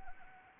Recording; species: mosquito wingbeat signal from an infrared sensor; Anopheles arabiensis